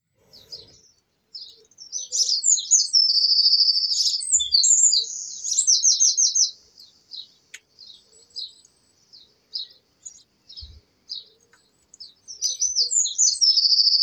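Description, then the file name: Eurasian wren song: two loud, very high bursts of rapid twittering notes with fast buzzy trills, separated by scattered short chips. "Troglodytes troglodytes"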